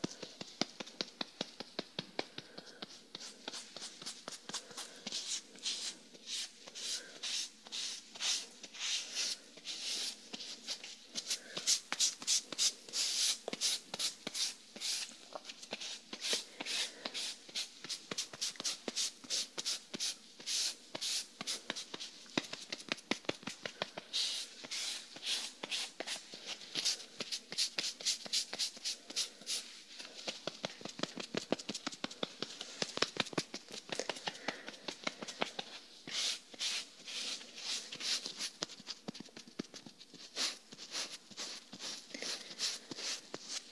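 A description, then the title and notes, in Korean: Hair brushing and scalp massage make a dense, crackling stream of quick scratchy strokes, bright and hissy with almost no low end. The rapid ticking runs throughout, rising and falling in intensity, with brief softer lulls around the half-minute mark. 토탈케어 F코스 ASMR (샴푸, 스킨케어, 두피마사지, 헤어브러싱).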